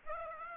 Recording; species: mosquito wingbeat signal from an infrared sensor; Aedes aegypti